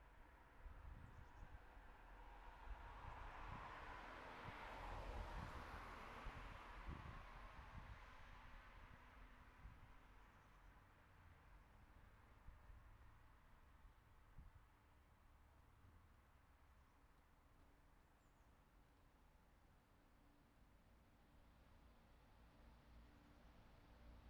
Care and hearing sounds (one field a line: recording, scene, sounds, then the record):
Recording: everyday scene through a hearing-aid microphone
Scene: in traffic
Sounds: traffic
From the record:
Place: city secondary road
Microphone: behind the ear, right, rear